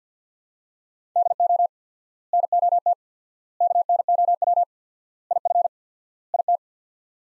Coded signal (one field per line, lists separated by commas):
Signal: Morse code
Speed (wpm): 45 wpm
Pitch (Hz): 700 Hz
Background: none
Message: DO NOT KNOW IF IT